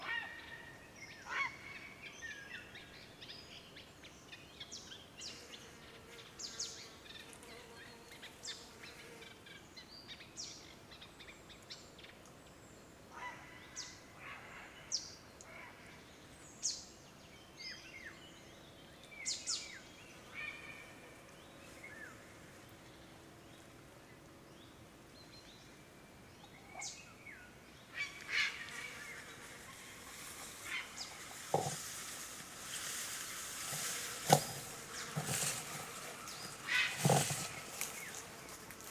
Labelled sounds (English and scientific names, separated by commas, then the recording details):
Grey Heron (Ardea cinerea) flight call
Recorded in the wild
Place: Niederspree, Niederspreer Teichgebiet, Sachsen, DE
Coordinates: 51.4067, 14.8819
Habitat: pond
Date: 2008-08-01
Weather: heiter, 20°C, windstill
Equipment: Fostex FR2-LE, 2 Sennheiser ME64, Rycote-Windschutz
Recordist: Frommolt, Karl-Heinz